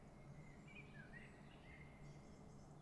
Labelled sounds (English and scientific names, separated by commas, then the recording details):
Common Blackbird (Turdus merula)
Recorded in Germany
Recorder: ecoPi